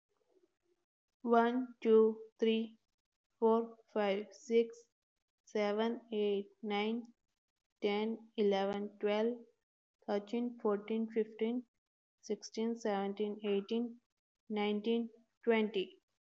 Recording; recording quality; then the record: counting at a normal pace; excellent, no background noise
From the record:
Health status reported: healthy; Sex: female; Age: 33 years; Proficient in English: yes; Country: India